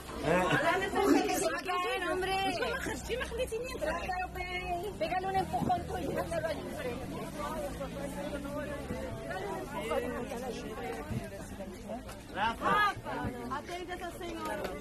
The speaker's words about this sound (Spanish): Escuchamos este breve ambiente también de Albert Murillo del año 2019 en el Mercadillo de Rosas.